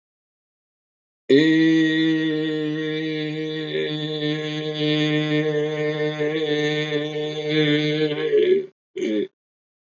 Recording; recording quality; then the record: sustained vowel as in made; excellent, no background noise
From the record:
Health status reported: healthy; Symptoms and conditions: none ticked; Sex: male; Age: 47 years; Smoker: yes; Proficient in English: yes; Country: India